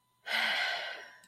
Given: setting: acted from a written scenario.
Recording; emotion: vocal sound without words; relief